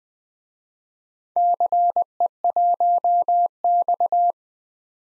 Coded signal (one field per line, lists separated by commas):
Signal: Morse code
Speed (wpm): 20 wpm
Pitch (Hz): 700 Hz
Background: none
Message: CE1X